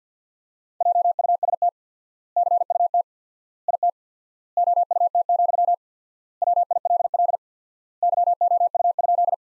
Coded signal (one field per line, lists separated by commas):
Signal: Morse code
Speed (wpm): 50 wpm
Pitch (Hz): 700 Hz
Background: none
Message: JUST CUT IT OUT, WILL YOU?